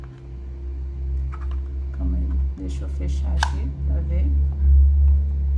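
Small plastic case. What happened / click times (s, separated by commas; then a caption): The plastic case is being handled but has not snapped shut yet / none. While reassembling an opened TWS 90 Pro wireless earbud charging case that does not charge, a plastic case half is handled against the charging case housing as someone talks over a steady low hum. Only light plastic handling ticks are heard, and nothing has seated or clicked yet.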